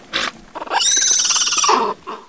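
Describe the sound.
Horse whinnying: a short snort, then a long, high, shaking neigh that quavers rapidly and falls at the end, followed by a soft breath.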